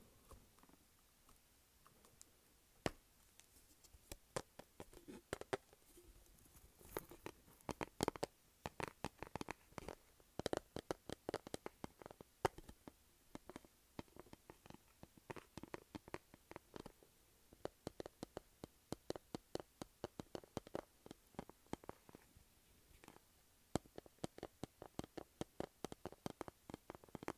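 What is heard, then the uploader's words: Tapping and scratching on a makeup palette, heard as a dense stream of sharp, bright clicks and taps throughout. The taps come quickly and irregularly, clustering in busy bursts with brief gaps, over a faint, quiet hiss between strikes. Tapping and scratching makeup pallet.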